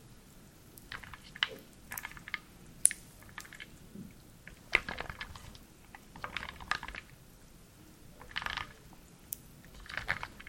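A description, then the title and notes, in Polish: Small wooden pieces clatter, knock and scrape together in an irregular, busy stream, like a stirred wooden soup. Sharp ticks stand out near 1.5, 3 and 4.8 seconds, with denser rustling bursts around 6–7, 8.5 and 10 seconds over a low, quiet rumble. Drewniana zupa IDEALNE NA SEN ASMR po polsku!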